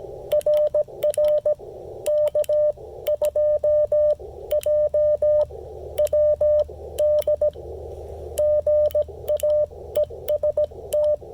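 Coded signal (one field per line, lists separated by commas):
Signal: Morse code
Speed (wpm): 17 wpm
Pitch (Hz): 590 Hz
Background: radio noise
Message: RR K2JWD GA EST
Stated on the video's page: CW Parks On The Air activation with an Icom IC-705 and MFJ-1984LP end-fed antenna.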